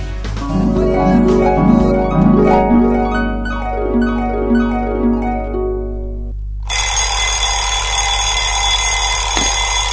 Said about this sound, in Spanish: Hace 5 minutos que sonó el despertador.